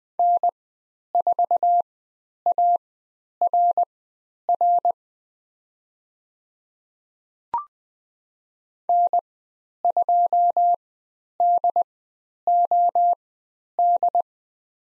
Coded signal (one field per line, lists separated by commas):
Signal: Morse code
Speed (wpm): 20 wpm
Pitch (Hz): 700 Hz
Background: none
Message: N4ARR N2DOD